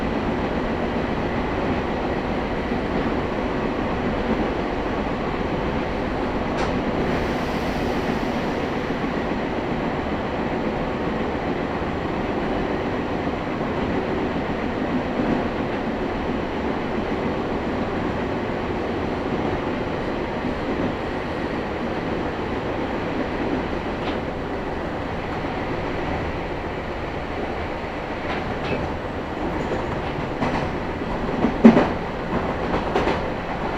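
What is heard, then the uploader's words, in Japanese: A local train rolls steadily between stations, low rumbling wheels and cabin hum dominating, with brief clicks and a sharper knock near thirty-one seconds. 名鉄西尾線 普通 米津→吉良吉田。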